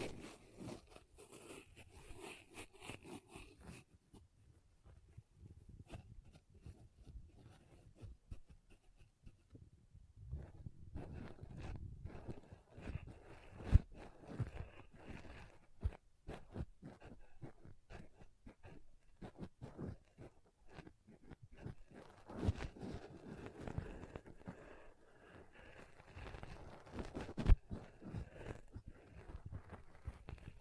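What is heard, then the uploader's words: Pom poms are rubbed and squeezed, making a soft, crackly rustle that runs almost without pause. A bright, airy brushing opens the first few seconds, then the sound grows fuller and denser after about ten seconds, with sharp taps near 14 and 27 seconds. ASMR Ultimate Pom Pom Tingles (No Talking).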